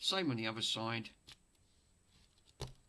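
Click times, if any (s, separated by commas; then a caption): 2.6 s. Someone talks briefly, then a second blue plastic side piece, the same as the first, is fitted onto the other side of a model. A sharp click at 2.6 seconds marks the piece locking into place, and it is confirmed seated.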